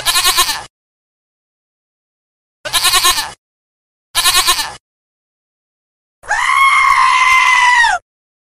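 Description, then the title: Goat bleating: three short, harsh, wavering bleats separated by silences, followed by one longer, drawn-out bleat at the end. "معزة"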